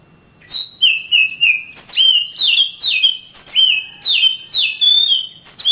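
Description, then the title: Oriental magpie-robin: after a quiet start, a quick series of loud sweeping whistles, each dropping in pitch. Singing birds of the Kalimantan and Sumatra types, described as champion (juara), master birds in active, energetic song (gacor). "Kicau Kacer Juara Master Kalimantan Sumatra Gacor"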